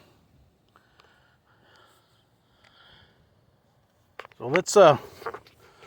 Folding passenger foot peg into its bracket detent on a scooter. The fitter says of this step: if you take it back just feel that little click and then they latch in